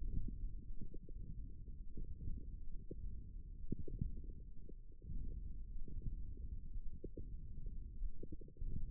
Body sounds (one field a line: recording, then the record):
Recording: forearm muscle sounds (acoustic myography)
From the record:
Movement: hook grip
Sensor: system 1, eight BSWA MPA416 microphones around the upper forearm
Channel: 2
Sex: female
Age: 22 years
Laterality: right